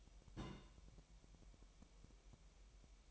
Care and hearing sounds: daily activity, microphone in the room; place on stove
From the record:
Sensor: 1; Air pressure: 1002.0 hPa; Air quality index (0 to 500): 247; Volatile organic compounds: 51 ppm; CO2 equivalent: 3308 ppm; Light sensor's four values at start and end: 6/13/5/6 and 6/13/5/6

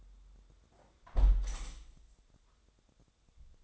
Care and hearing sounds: daily activity, microphone in the room; close window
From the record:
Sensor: 3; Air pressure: 1000.5 hPa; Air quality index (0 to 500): 173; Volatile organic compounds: 3 ppm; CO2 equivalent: 1495 ppm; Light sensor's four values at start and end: 14/36/14/16 and 13/35/14/15

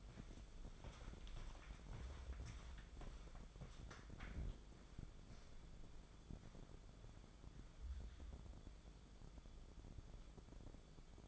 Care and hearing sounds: daily activity, microphone in the room; walk to room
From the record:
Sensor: 5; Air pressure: 1010.6 hPa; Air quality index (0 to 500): 109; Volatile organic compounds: 2 ppm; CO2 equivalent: 1070 ppm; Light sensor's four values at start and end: 560/1396/587/695 and 466/1212/498/574

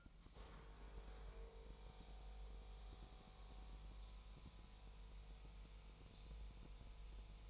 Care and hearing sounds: daily activity, microphone in the room; make coffee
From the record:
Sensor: 1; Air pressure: 1002.0 hPa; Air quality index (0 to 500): 243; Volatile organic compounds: 48 ppm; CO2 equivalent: 3262 ppm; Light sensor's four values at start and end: 8/28/10/11 and 8/28/10/11

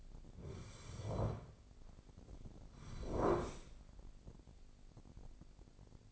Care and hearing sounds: daily activity, microphone in the room; sit down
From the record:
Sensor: 5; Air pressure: 1009.3 hPa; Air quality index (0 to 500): 156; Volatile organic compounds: 2 ppm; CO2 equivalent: 1199 ppm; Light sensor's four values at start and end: 271/648/276/302 and 265/634/270/295

